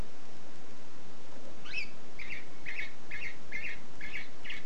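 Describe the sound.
Canary song: a quick rising note followed by six bright, evenly spaced chirps in a steady series against constant background hiss.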